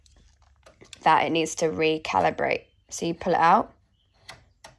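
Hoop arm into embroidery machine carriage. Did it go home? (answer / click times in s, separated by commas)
yes / 4.7 s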